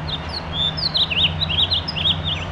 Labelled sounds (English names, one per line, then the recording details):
House Finch song
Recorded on Long Island, New York, on 7 June 2011
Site MV
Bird A